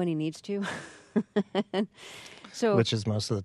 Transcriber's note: soundbite of laughter